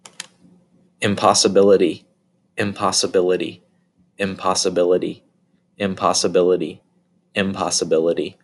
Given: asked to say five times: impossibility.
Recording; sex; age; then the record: repeated word; male; 20 to 29 years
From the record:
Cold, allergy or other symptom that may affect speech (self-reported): no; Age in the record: 27 years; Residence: District of Columbia, United States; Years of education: 19